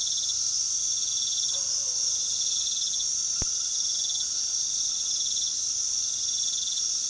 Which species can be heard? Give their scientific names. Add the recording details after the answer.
none. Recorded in pastures near Puerto Asís, Putumayo, Colombia, on 20 February 2024 at 22:30. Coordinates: 0.468, -76.328. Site G6414